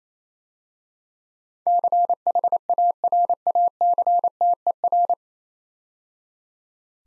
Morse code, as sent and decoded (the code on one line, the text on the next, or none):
-.-. .... .- .-. .- -.-. - . .-.
CHARACTER